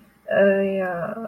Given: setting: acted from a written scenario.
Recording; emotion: vocal sound without words; guilt